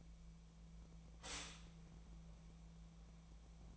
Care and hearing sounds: daily activity, microphone in the room; stop toaster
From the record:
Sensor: 1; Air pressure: 1000.3 hPa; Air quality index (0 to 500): 155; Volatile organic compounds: 3 ppm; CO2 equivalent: 1448 ppm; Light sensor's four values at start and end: 29/72/30/36 and 29/72/30/36

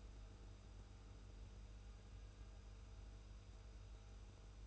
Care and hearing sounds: daily activity, microphone in the room; make coffee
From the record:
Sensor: 2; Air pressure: 990.7 hPa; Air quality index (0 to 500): 158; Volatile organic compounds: 603 ppm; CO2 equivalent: 4942 ppm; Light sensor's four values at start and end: 25/60/24/24 and 25/60/24/24

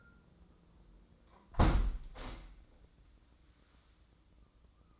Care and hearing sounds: daily activity, microphone in the room; close window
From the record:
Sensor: 3

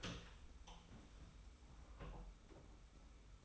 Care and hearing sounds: daily activity, microphone in the room; open door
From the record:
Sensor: 1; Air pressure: 991.6 hPa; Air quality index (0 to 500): 124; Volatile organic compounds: 278 ppm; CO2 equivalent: 4432 ppm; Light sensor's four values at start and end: 33/110/43/44 and 33/109/42/44

